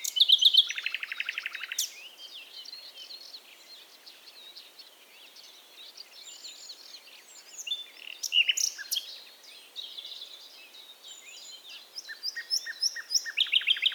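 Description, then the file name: Common nightingale opening with a rapid stuttering series of repeated notes, then varied phrases and another repeated burst near the end. "Luscinia megarhynchos"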